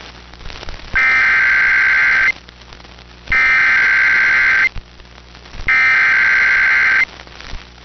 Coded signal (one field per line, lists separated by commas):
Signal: Emergency Alert System (SAME) tones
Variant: header bursts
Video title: RETURN TO THE NORTHEAST | EAS Alerts from 7/12/2022 (EAS #1370-1410)